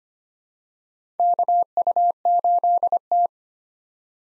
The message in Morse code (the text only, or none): KU8T